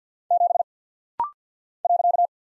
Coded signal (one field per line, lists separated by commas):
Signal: Morse code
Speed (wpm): 49 wpm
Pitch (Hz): 700 Hz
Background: none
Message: 7 .